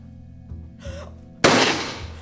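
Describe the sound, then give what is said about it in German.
A single loud pistol shot cracks out sharply, killing a man, and rings off with a long decaying tail, preceded by a brief gasp and a faint breathy sound. “Du hättest ihn nicht erschießen müssen.”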